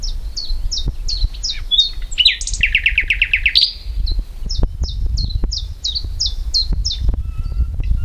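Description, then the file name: Common nightingale song with strings of falling high notes around a rattling trill in the middle, over low background noise throughout. "Luscinia megarhynchos"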